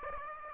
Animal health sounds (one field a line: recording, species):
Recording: mosquito wingbeat signal from an infrared sensor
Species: Aedes aegypti